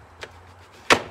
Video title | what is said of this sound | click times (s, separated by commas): Cutting A Small Circle With the Milescraft Circle Guide Kit | I'll unlock this. | 0.2 s